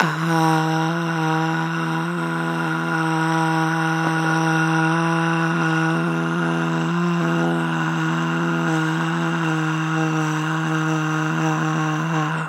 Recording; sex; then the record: sustained vowel /a/; female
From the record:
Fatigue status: no fatigue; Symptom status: asymptomatic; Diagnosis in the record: COVID-19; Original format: m4a